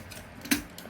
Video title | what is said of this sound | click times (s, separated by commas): TF DREAM FACTORY BONECRUSHER weathering TRANSFORMER MASTERPIECE READER | 이렇게 딱 소리가 나게 껴 듭니다 | 0.5 s